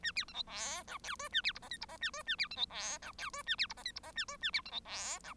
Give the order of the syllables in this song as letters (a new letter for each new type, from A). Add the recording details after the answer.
A B C D E F G H A B I J K I J A H A B C D E F G H A B I J K I J A H A B C D E F. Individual Bird1